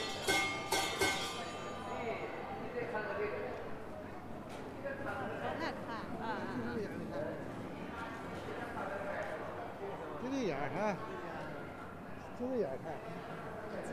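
A busy street scene on Zhongjie in Shenyang, with many voices talking and calling over a steady crowd murmur. Sharp clatters and bright knocks stand out in the first second or so, and a voice rises in a sing-song call around ten seconds.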